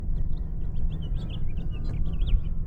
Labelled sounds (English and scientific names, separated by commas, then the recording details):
House Finch (Haemorhous mexicanus) song
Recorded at Oceanside on Long Island, New York, on 17 June 1975
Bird E